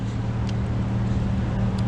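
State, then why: Not seated. A re-pinned plastic wiring harness connector, with its center piece refitted, is handled and pushed toward a new-style fuel injector during a J35 to J37 swap. A steady low hum runs throughout, with faint brief hisses near 0.5 and 1.8 seconds. Nothing has seated or clicked yet.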